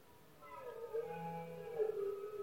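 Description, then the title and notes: Red deer bellow, one brief harmonic roar that rises, holds and slightly wavers. Rutting season of male red deer in Spain, bellowing at night when surroundings are quietest; the rut and its calling are known as berrea or brama. "Paisaje sonoro: Berrea #04. La época de celo del ciervo se conoce comúnmente como “berrea del ciervo” o “brama del ciervo”. especialmente por la noche pues es cuando más silencio hay alrededor, los poderosos bramidos de los ciervos machos"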